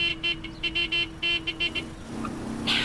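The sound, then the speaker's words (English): A car skids onto the London road: a quick run of short, horn-like tonal bursts over a low steady hum, then a swelling rush of engine and road noise that ends in a bright, hissing screech. “Back in the car, Gala was jerked sideways as Drax skidded onto the London road.”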